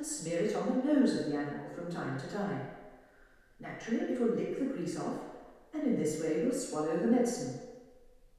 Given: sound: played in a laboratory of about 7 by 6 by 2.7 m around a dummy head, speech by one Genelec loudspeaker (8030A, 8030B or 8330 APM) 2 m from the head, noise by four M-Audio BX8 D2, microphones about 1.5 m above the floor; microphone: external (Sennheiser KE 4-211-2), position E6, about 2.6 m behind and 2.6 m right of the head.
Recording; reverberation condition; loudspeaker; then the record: female speech in English; high; 30 degrees to the left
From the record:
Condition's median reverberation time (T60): about 1300 ms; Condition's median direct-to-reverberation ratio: about -4.0 dB